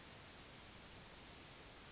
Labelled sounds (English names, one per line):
Yellowhammer song